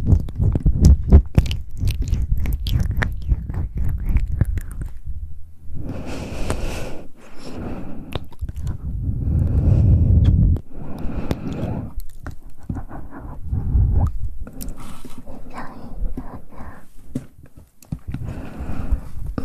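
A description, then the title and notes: Close mouth sounds: wet clicks, smacks and chewing-like crunches arrive in dense, irregular bursts across the clip. The sound is mostly low and thick, with sharp bright ticks on top. Around 6–7 and 9–11 seconds come breathier, sustained stretches. ASMR Close Mouth Sounds.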